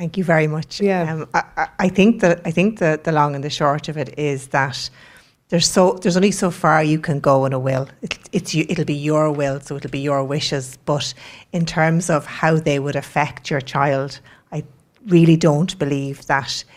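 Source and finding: Adult woman speaking. No disorder.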